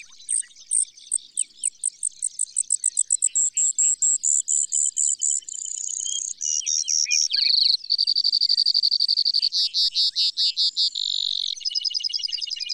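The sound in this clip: Bird song made of a long, varied series of high phrases: quick repeated notes speeding up, pure whistled tones, and rapid trills switching pitch every second or two.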